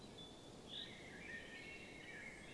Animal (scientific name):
Fringilla coelebs